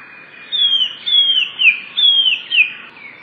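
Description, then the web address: Eurasian blue tit song: a run of clear, high whistled notes, each sliding downward, about five phrases spaced roughly half a second apart over a quiet background. "wroblowe teka spiew. wroblowe teka modraszkoteka"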